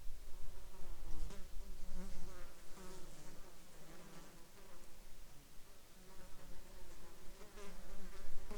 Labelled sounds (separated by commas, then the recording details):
insects
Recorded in the Arctic National Wildlife Refuge, Alaska, on 27 July 2021 at 13:25
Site 35